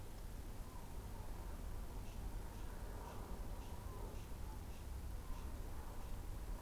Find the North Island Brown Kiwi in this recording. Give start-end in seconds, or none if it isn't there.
none